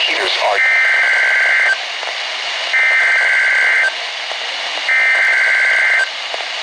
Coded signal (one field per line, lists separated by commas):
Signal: Emergency Alert System (SAME) tones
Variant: header bursts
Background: speech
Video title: MLB HWW on KIH26!! | EAS #128